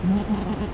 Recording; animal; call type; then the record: contact call of a hoofed animal; goat; low-frequency (closed-mouth) or high-frequency (open-mouth) call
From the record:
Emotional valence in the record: negative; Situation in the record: short social isolation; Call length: 0.74 s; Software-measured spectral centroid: 1830 Hz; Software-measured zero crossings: 950 a second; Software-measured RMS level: -24 dBFS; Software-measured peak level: -13 dBFS